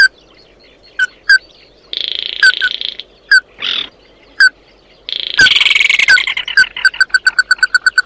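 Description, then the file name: Bird calls: scattered single piping notes alternate with buzzy, rasping bursts, then a faster series of clear repeated notes near the end. "Tieng chim mat do"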